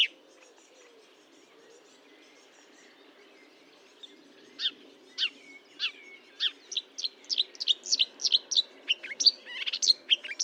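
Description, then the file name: Marsh warbler song starting after a quiet pause, sparse notes building into a fast scratchy medley. Recorded at Fontaine-Française (Fourneau), 1 June 2022 at 10:55, with a Nagra recorder and Telinga microphone. "Rousserolle verderolle 1055 Fontaine-Francaise-Fourneau"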